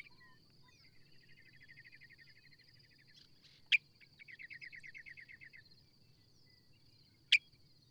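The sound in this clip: Bird song with faint rapid ticking trills repeated in runs, plus two sharp loud clicks, over a steady high insect-like hum and low rumble.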